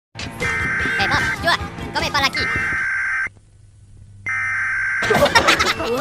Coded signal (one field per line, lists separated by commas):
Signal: Emergency Alert System (SAME) tones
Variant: header bursts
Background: speech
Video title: Minions react to [EAS] DON'T LOOK UP